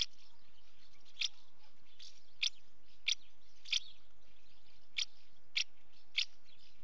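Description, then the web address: House martin calls: clear short chirps repeated at uneven intervals, over a soft twittering background. Female calling at the nest. "BBC Sound Effects Library. House Martin"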